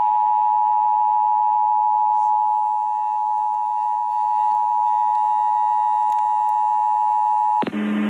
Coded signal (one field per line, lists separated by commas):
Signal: Emergency Alert System (SAME) tones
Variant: 853 and 960 Hz attention tone